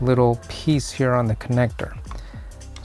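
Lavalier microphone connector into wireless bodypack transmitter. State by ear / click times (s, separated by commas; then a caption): seated / 2.8 s. Someone talks while lining up the notch on a lavalier microphone's connector with the cutout on the jack of a Phenyx Pro PTU-51C wireless bodypack transmitter and pushing it in. After the talking, faint handling ticks come at about 2.1 s and 2.6 s. A sharp click follows at 2.8 s as the connector locks into place in the transmitter.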